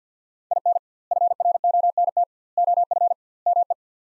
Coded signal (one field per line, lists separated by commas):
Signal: Morse code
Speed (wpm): 50 wpm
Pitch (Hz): 700 Hz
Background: none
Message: IN FRONT OF ME